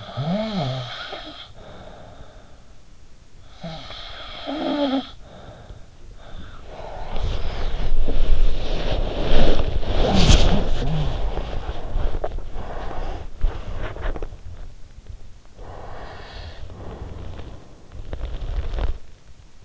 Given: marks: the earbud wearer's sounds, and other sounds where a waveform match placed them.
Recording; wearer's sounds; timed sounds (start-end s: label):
sounds in sleep by an in-ear microphone; snoring breath, body movement, breath, teeth grinding
0.00-6.09 s: snoring breath
6.09-15.11 s: body movement
15.11-17.75 s: breath
17.75-19.14 s: teeth grinding